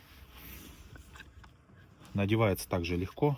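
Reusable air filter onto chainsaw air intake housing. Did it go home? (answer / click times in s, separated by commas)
no / none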